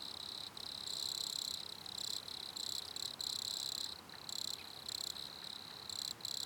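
Cricket trilling in rapid high pulsed bursts with frequent brief gaps, bright and buzzy, steady background hiss.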